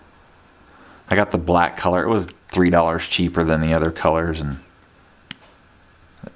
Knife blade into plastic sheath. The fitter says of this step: pops into place now that